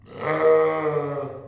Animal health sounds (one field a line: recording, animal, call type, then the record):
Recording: contact call of a hoofed animal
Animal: sheep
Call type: low-frequency (closed-mouth) or high-frequency (open-mouth) call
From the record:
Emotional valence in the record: negative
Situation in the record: short social isolation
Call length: 1.48 s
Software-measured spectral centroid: 1390 Hz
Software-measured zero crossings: 1280 a second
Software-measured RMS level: -22 dBFS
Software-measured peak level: -7 dBFS